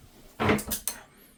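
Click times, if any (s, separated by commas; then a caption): 0.9 s. A plastic waste and overflow drain part is pushed into place in a bathtub drain assembly, with a burst of clattering, scraping contact from about 0.4 s and a sharp knock at 0.9 s. The part is not fully seated and must be taken out and tapped in harder.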